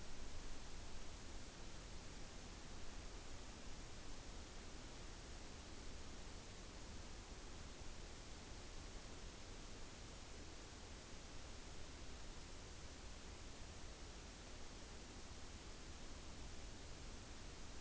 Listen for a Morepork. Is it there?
no